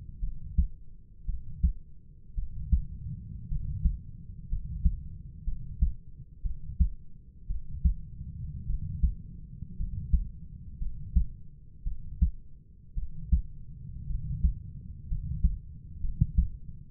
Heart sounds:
heart sounds by stethoscope; 57 bpm
0.20 s: heartbeat
1.26 s: heartbeat
2.35 s: heartbeat
3.49 s: heartbeat
4.49 s: heartbeat
5.44 s: heartbeat
6.42 s: heartbeat
7.47 s: heartbeat
8.67 s: heartbeat
9.77 s: heartbeat
10.78 s: heartbeat
11.84 s: heartbeat
12.95 s: heartbeat
14.07 s: heartbeat
15.08 s: heartbeat
16.01 s: heartbeat
From the record:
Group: healthy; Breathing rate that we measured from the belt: 11 breaths a minute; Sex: male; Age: 25 years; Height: 170 cm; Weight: 70.4 kg

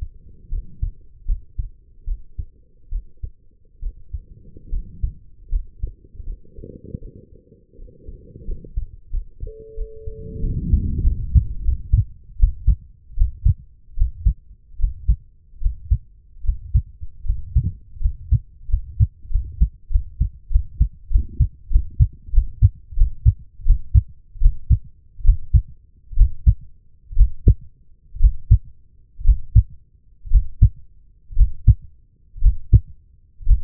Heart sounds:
heart sounds by stethoscope; 76 bpm
0.49 s: heartbeat
1.25 s: heartbeat
2.04 s: heartbeat
2.89 s: heartbeat
3.79 s: heartbeat
4.69 s: heartbeat
5.49 s: heartbeat
6.23 s: heartbeat
6.98 s: heartbeat
7.75 s: heartbeat
8.45 s: heartbeat
9.10 s: heartbeat
9.74 s: heartbeat
10.40 s: heartbeat
11.03 s: heartbeat
11.64 s: heartbeat
12.38 s: heartbeat
13.16 s: heartbeat
13.96 s: heartbeat
14.78 s: heartbeat
15.60 s: heartbeat
16.42 s: heartbeat
17.23 s: heartbeat
17.99 s: heartbeat
18.67 s: heartbeat
19.29 s: heartbeat
19.89 s: heartbeat
20.49 s: heartbeat
21.09 s: heartbeat
21.70 s: heartbeat
22.32 s: heartbeat
22.96 s: heartbeat
23.65 s: heartbeat
24.40 s: heartbeat
25.23 s: heartbeat
26.16 s: heartbeat
27.15 s: heartbeat
28.19 s: heartbeat
29.24 s: heartbeat
30.30 s: heartbeat
31.35 s: heartbeat
32.41 s: heartbeat
33.46 s: heartbeat
From the record:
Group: healthy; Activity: rest 0-8 s, breath hold 8-34 s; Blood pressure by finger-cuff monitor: 108/71 mmHg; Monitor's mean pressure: 81 mmHg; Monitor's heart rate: 77 bpm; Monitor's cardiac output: 5.6 L/min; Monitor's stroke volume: 72 mL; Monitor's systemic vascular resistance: 970 dyn s/cm5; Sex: female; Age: 23 years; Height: 160 cm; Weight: 50.4 kg

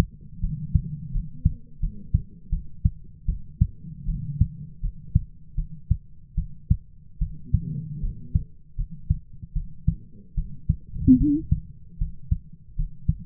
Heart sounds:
heart sounds by stethoscope; 78 bpm
0.41 s: heartbeat
1.12 s: heartbeat
1.80 s: heartbeat
2.50 s: heartbeat
3.26 s: heartbeat
4.06 s: heartbeat
4.81 s: heartbeat
5.56 s: heartbeat
6.36 s: heartbeat
7.19 s: heartbeat
8.01 s: heartbeat
8.76 s: heartbeat
9.54 s: heartbeat
10.35 s: heartbeat
11.18 s: heartbeat
11.99 s: heartbeat
12.76 s: heartbeat
From the record:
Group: healthy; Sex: female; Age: 22 years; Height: 161 cm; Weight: 65.5 kg

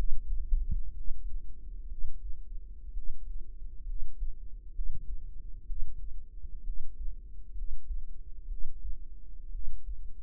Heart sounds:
heart sounds by microphone in the right ear; 63 bpm
0.92 s: heartbeat
1.86 s: heartbeat
2.92 s: heartbeat
3.84 s: heartbeat
4.71 s: heartbeat
5.64 s: heartbeat
6.62 s: heartbeat
7.52 s: heartbeat
8.46 s: heartbeat
9.49 s: heartbeat
From the record:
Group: healthy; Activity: rest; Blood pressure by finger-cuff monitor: 116/71 mmHg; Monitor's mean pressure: 84 mmHg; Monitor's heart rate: 64 bpm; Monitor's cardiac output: 5.2 L/min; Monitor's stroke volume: 84 mL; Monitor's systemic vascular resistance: 1160 dyn s/cm5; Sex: female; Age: 22 years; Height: 171 cm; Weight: 65.6 kg

